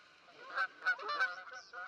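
Canada goose honking: three loud, nasal honks in quick succession, with fainter goose calls between them.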